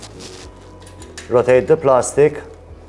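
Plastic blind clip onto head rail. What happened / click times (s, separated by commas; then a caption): Handled, not yet home: plastic clip on a rail, no seating click yet / none. While a sheer blind is being reinstalled, the plastic clip on the fabric is handled and rotated against the head rail. There are faint taps around 1.0 and 1.2 seconds, and someone talks. Nothing has seated or clicked yet.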